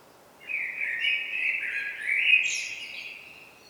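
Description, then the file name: Common blackbird delivering one long, rich whistled phrase that rises at the end into a thin, high twitter. "Turdus merula"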